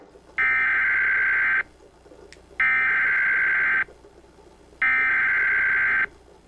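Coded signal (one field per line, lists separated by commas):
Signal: Emergency Alert System (SAME) tones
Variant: header bursts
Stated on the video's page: Valid EAS tones in a fictional animated story.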